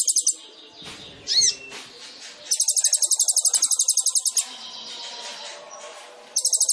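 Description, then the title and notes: Sunbird song: a brief trill, a swooping whistle, then a long rattling high trill over soft background hiss, ending with another short burst. Indonesian masteran training recording of a gacor (actively singing) sunbird, full of isian (fills) and luxurious tembakan (bursts), suitable as pancingan to prompt other birds to sing. "MASTERAN KOLIBRI NINJA FULL ISIAN DAN TEMBAKAN COCOK BUAT PANCINGAN. Suara Burung Kolibri Ninja Gacor"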